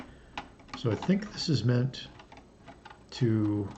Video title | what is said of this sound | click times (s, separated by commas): LEGO Ghostbusters Ecto-1 Set Build Part 4 | I push this in it should just click right in there but it's also loose enough that it can come out | 0.4 s